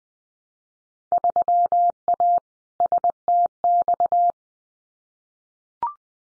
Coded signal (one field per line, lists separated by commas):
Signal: Morse code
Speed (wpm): 20 wpm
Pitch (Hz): 700 Hz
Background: none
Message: 3A STX